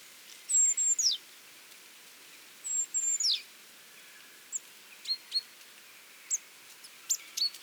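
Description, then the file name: Great tit calls: two high, thin phrases sliding downward, followed by scattered short high chips over a quiet background hiss. "Parus major"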